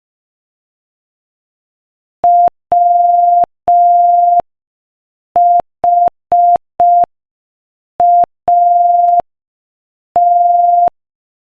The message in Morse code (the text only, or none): WHAT